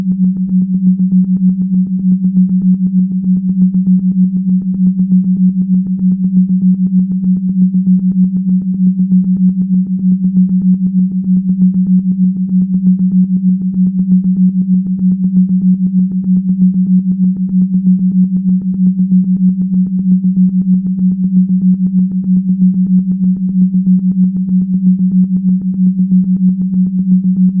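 A low, pure tone sounds continuously as binaural beats and isochronic pulses, pulsing very rapidly and evenly throughout. Pitch and loudness stay constant for the whole stretch, with faint overtones above and no other sounds.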